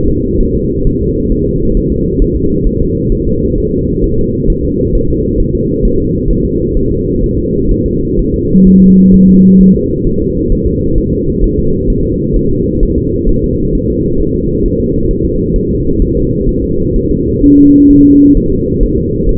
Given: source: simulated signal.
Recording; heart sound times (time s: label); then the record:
fetal heart sounds
0.08 s: S2
0.41 s: S1
0.55 s: S2
0.87 s: S1
1.02 s: S2
1.32 s: S1
1.47 s: S2
1.77 s: S1
1.92 s: S2
2.22 s: S1
2.36 s: S2
2.67 s: S1
2.81 s: S2
3.12 s: S1
3.27 s: S2
3.58 s: S1
3.73 s: S2
4.04 s: S1
4.19 s: S2
4.50 s: S1
4.64 s: S2
4.95 s: S1
5.10 s: S2
5.40 s: S1
5.55 s: S2
5.85 s: S1
6.00 s: S2
6.31 s: S1
6.45 s: S2
6.77 s: S1
6.91 s: S2
7.24 s: S1
7.38 s: S2
7.71 s: S1
7.86 s: S2
8.19 s: S1
8.34 s: S2
8.67 s: S1
8.82 s: S2
9.14 s: S1
9.29 s: S2
9.61 s: S1
9.76 s: S2
10.07 s: S1
10.21 s: S2
10.52 s: S1
10.67 s: S2
10.98 s: S1
11.13 s: S2
11.44 s: S1
11.59 s: S2
11.90 s: S1
12.05 s: S2
12.37 s: S1
12.51 s: S2
12.83 s: S1
12.98 s: S2
13.29 s: S1
13.44 s: S2
13.75 s: S1
13.90 s: S2
14.21 s: S1
14.35 s: S2
14.66 s: S1
14.80 s: S2
15.11 s: S1
15.26 s: S2
15.56 s: S1
15.71 s: S2
16.02 s: S1
16.17 s: S2
16.49 s: S1
16.64 s: S2
16.96 s: S1
17.11 s: S2
17.44 s: S1
17.59 s: S2
17.91 s: S1
18.06 s: S2
18.37 s: S1
18.52 s: S2
18.83 s: S1
18.98 s: S2
19.29 s: S1
From the record:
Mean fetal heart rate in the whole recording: 130 bpm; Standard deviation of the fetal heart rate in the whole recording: 4 bpm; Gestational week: 38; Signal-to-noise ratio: -15.3 dB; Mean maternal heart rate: 72 bpm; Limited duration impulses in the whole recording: present